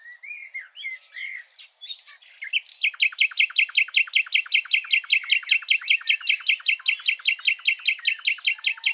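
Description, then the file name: Common nightingale song opening with a few soft whistled notes, then a loud, rhythmic rattle of quick repeated chirps. "Luscinia megarhynchos"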